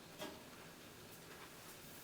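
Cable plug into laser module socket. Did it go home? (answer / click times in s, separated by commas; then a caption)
no / none. A cable plug is handled at a socket tucked down inside an xTool D1 Pro laser module. A brief rustle of handling noise comes at about 0.2 s, then only a low, steady background hiss. Nothing has seated or clicked yet.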